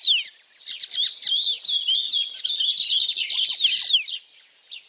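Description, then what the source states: Bird song, a loud rapid tumbling warble of mixed chirps and sweeping notes lasting about four seconds, then fading to quiet. Birds singing at dawn.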